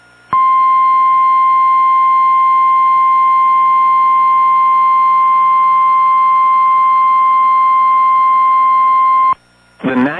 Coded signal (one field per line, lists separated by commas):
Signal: Emergency Alert System (SAME) tones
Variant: 1050 Hz attention tone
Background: speech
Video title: EAS PDS Tornado Warning Stonewall/Shreveport, Louisiana (Large Tornado!) NOAA Weather Radio